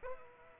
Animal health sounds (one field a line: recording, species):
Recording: mosquito wingbeat signal from an infrared sensor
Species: Aedes aegypti